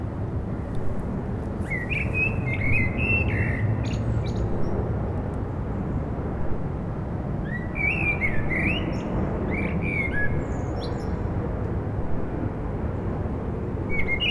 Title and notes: Rue Jacques Cartier, 73100 Aix-les-Bains, Auvergne-Rhône-Alpes, France - Merle du solstice. En cette douce journée les merles commencent à chanter après le coucher du soleil, passages d'avions, circulation urbaine demain c'est le solstice d'hiver